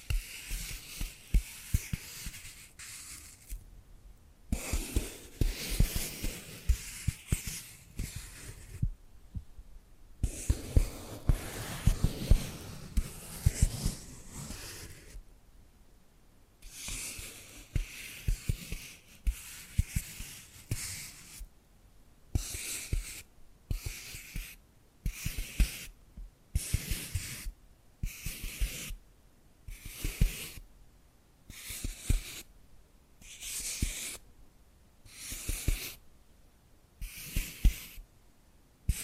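Tapping and scratching in dense, crackly bursts for the first half, then breaking into quick regular pulses separated by short silences.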